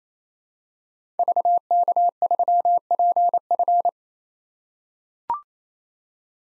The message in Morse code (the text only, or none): VK3PF